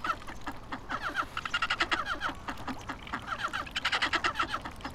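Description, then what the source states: A flock of ducks calling together, many overlapping harsh quacks and rapid chattering bursts that swell and fade throughout. Recorded on the Abukuma River, Japan, on 29 November 2025.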